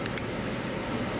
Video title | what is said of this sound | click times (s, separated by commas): 2016 jeep cherokee rear wiper replacement | on top and click it in place | 0.1 s, 0.2 s